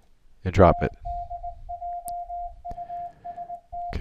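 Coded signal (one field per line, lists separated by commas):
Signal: Morse code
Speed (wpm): 20 wpm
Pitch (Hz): 700 Hz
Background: speech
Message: TDJUST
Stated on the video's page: Morse code sent over the internet via the Mumble voice chat program on Ubuntu Linux.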